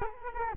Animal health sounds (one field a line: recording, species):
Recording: mosquito wingbeat signal from an infrared sensor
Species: Culex quinquefasciatus